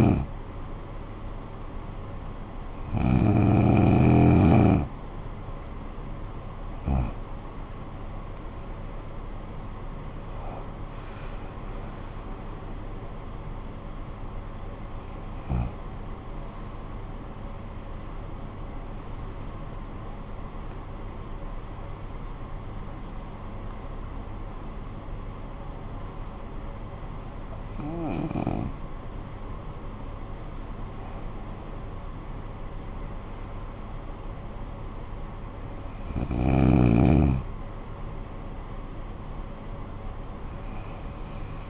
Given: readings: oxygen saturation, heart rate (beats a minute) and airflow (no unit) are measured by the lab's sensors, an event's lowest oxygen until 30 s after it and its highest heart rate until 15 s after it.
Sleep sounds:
breathing in sleep by a smartphone at the bedside; 1
22.00-32.90 s: hypopnea (N1, oxygen 94% highest, then 93% lowest, heart rate 72 at the start, 76 highest)
From the record:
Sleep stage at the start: N1 (lightest sleep); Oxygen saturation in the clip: 93 to 96%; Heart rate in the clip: 57 to 78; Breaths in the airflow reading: 10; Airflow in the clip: -17.7 to 12.4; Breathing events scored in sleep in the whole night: 445 in 7.6 hours asleep

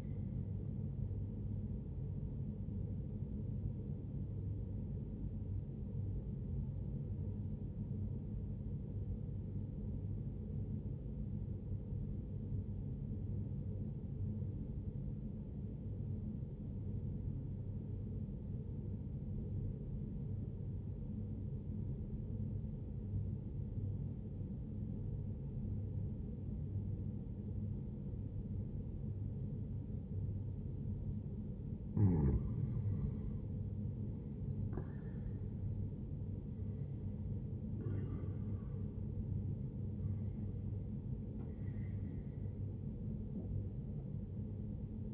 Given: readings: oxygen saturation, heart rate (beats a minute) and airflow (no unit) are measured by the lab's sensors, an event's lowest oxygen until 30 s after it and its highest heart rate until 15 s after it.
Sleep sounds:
breathing in sleep by a smartphone at the bedside; 1
13.00-30.60 s: obstructive apnea (N1, oxygen 97% highest, then 91% lowest, heart rate 63 at the start, 77 highest)
From the record:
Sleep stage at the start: N1 (lightest sleep); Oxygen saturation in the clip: 91 to 97%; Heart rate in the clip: 63 to 78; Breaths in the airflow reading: 4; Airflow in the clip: -9.1 to 8.4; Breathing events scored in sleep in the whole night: 131 in 7.2 hours asleep

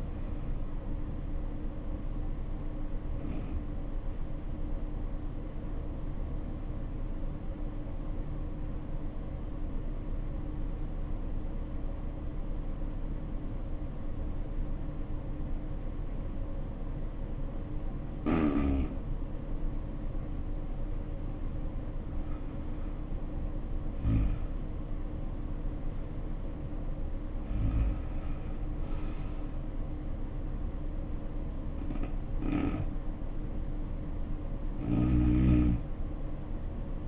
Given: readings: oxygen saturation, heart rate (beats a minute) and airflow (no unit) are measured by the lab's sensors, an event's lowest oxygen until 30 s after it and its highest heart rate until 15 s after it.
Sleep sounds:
breathing in sleep by a smartphone at the bedside; 1
7.00-21.50 s: obstructive apnea (N2, oxygen 95% highest, then 81% lowest, heart rate 64 at the start, 75 highest)
7.00-37.08 s: new sleep stage, N1 (lightest sleep)
From the record:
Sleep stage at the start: N2 (light sleep); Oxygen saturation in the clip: 80 to 95%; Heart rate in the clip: 60 to 75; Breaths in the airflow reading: 5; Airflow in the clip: -7.5 to 7.1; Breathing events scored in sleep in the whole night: 520 in 7.2 hours asleep

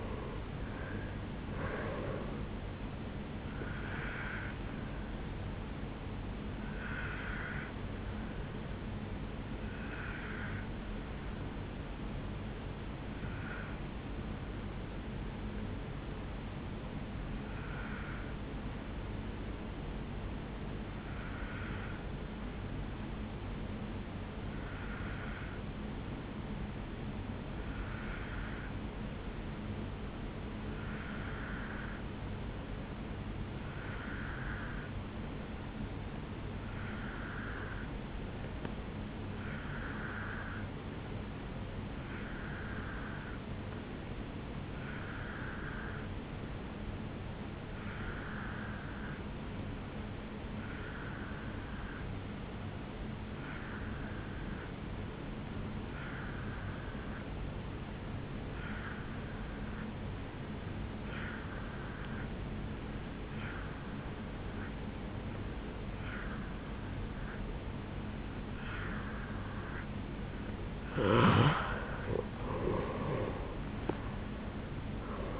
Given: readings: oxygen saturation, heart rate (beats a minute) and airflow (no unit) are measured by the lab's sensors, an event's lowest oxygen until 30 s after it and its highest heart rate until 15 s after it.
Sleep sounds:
breathing in sleep by a voice recorder at the bedside; 1
15.00-70.30 s: obstructive apnea (N1, oxygen 97% highest, then 86% lowest, heart rate 55 at the start, 77 highest)
16.00-75.40 s: new sleep stage, N2 (light sleep)
From the record:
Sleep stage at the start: N1 (lightest sleep); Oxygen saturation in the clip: 86 to 97%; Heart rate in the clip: 55 to 78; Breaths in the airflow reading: 4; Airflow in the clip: -10.1 to 9.9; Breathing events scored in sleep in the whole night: 449 in 7.0 hours asleep

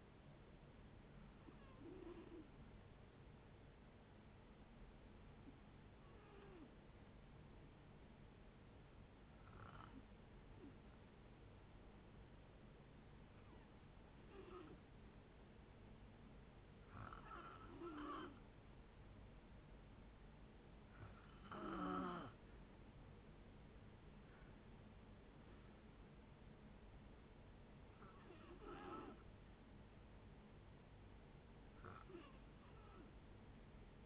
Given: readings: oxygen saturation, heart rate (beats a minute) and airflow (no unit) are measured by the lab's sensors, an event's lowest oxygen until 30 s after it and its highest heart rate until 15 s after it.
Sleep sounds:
breathing in sleep by a voice recorder at the bedside; none
2.00-34.05 s: new sleep stage, N2 (light sleep)
From the record:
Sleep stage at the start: N1 (lightest sleep); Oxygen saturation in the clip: 91 to 92%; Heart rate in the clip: 60 to 74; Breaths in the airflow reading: 9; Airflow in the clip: -7.3 to 9.4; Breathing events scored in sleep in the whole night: 496 in 5.4 hours asleep

